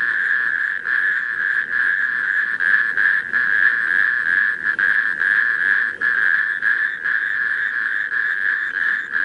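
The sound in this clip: Natterjack toads calling together, a loud continuous rasping trill from several animals, with brief dips in loudness.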